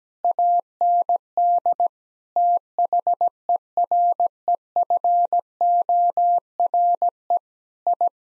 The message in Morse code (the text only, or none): AND THEREFORE I